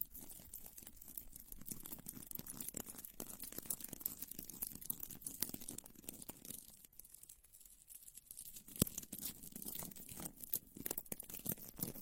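Plants are rubbed and circled around the ears, making a continuous dense crinkling and crunching with a bright hiss on top and a soft low rustle beneath. Sharp crackles break through often, and the rubbing eases for a moment around seven to eight seconds before building back up.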